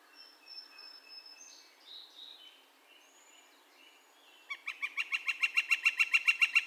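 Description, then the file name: Northern flicker calls: after a few seconds of soft, scattered chirps and whistles, a fast, regular series of loud notes begins and continues to the end. Recorded on 2 May 2020. "2020-05-02 Northern Flicker- Calls"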